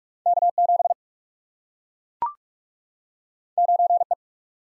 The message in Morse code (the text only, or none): K7 9E